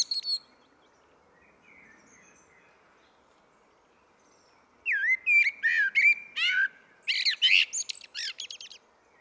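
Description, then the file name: Common blackbird: after a long quiet pause comes a phrase of looping fluted whistles, followed by a burst of high scratchy twitters. "Turdus merula"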